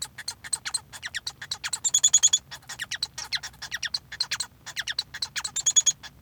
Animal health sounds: song of a male Bengalese finch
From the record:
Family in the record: son of father 1

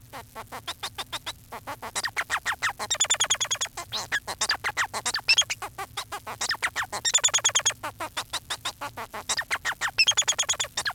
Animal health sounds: song of a male Bengalese finch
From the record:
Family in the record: son of father 4

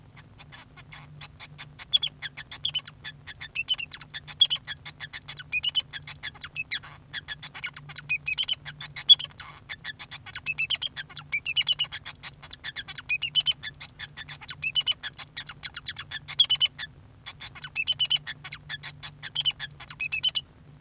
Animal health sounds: song of a male Bengalese finch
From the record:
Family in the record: son of father 2

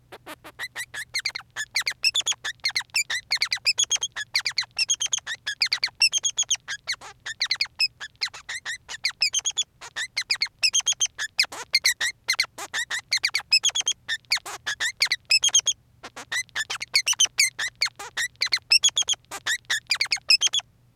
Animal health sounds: song of a male Bengalese finch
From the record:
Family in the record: son of father 3

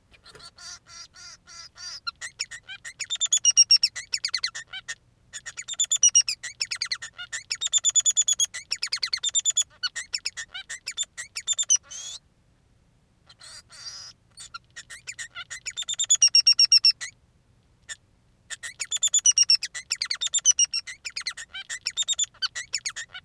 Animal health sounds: song of a male Bengalese finch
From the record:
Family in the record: son of father 3

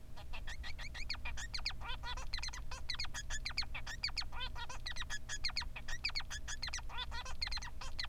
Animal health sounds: song of a male Bengalese finch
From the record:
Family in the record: son of father 3

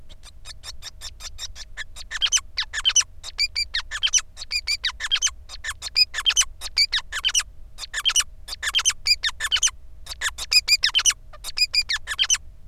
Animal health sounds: song of a male Bengalese finch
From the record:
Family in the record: son of father 5

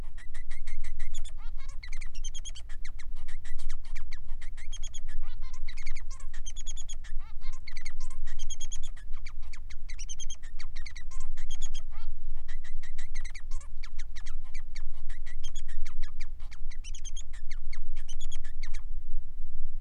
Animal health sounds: song of a male Bengalese finch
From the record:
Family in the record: son of father 3

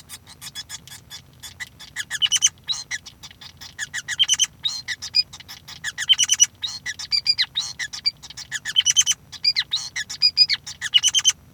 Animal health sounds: song of a male Bengalese finch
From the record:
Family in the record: son of father 5

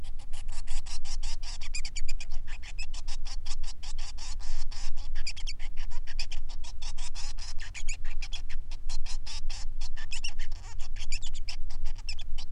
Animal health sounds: song of a male Bengalese finch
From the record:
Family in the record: son of father 3

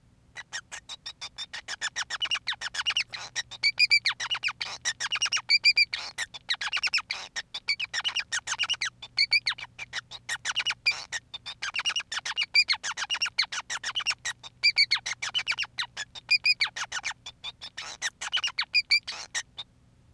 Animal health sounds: song of a male Bengalese finch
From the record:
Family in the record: son of father 5

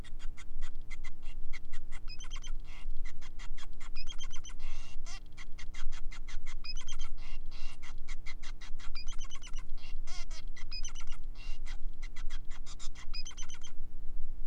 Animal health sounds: song of a male Bengalese finch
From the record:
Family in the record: son of father 5

